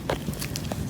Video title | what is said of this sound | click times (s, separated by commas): SomnoDent Avant Sleep Appliance: Advancing and Cleaning Tips | You would hear the snap on this side, and | 0.6 s